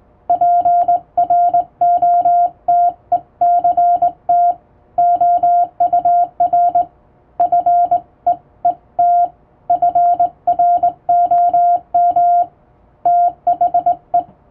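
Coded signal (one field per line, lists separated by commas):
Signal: Morse code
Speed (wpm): 20 wpm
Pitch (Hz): 700 Hz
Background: none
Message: PROTECT OUR FEET FROM THE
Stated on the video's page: Morse code practice for Japanese radio operator exams, sent on the amateur radio bands by a first-class radiotelegraph operator.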